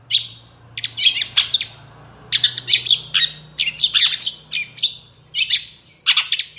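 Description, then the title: Long-tailed shrike song, a fast varied medley of chattering, squeaky and whistled notes in dense bursts separated by short pauses. Morning song with varied 'toet toet' notes, used as a lure to get other long-tailed shrikes singing. "Cendet Gacor Dor Di Kala Pagi Toet Toet Variasi Suara"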